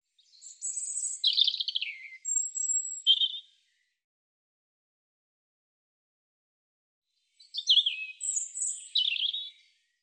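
European robin delivering two separate song phrases several seconds apart, each a mix of high thin whistles and descending warbled notes, with quiet in between.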